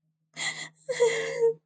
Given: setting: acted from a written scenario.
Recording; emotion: vocal sound without words; sadness